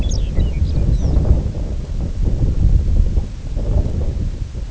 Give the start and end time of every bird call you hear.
0.00s-1.17s: Lapland Longspur (1.9-7.2 kHz)

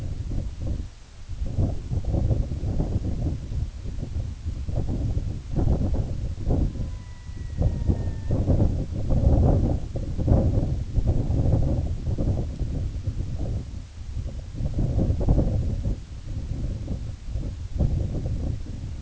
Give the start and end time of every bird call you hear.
6.63s-8.39s: Red-throated Loon (0.7-2.6 kHz)

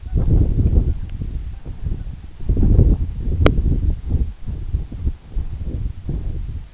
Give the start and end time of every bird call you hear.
0.02s-0.22s: Canada Goose (0.6-1.6 kHz)
0.80s-1.02s: Canada Goose (0.6-2.0 kHz)
1.47s-1.66s: Canada Goose (0.6-2.1 kHz)
1.91s-2.10s: Canada Goose (0.6-2.0 kHz)

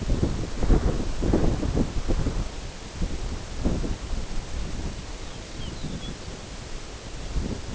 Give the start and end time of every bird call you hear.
5.13s-6.43s: Lapland Longspur (2.5-5.6 kHz)

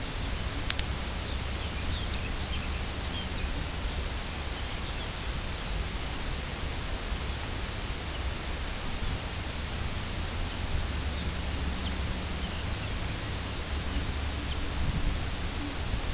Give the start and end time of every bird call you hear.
1.15s-3.83s: Lapland Longspur (1.9-6.2 kHz)
4.50s-5.09s: Lapland Longspur (2.8-4.2 kHz)
8.06s-8.27s: Lapland Longspur (2.5-3.5 kHz)
8.96s-9.21s: Lapland Longspur (3.1-3.9 kHz)
10.45s-10.61s: Lapland Longspur (2.8-3.5 kHz)
11.12s-11.28s: Lapland Longspur (3.3-4.1 kHz)
11.79s-11.91s: Lapland Longspur (2.8-4.2 kHz)
12.35s-12.99s: Lapland Longspur (2.6-3.8 kHz)
14.43s-14.59s: Lapland Longspur (2.7-4.3 kHz)

